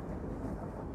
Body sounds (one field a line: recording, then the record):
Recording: background sound without coughing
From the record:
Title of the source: Train Ride Ambience ambient white noise for sleeping, focus, studying, reading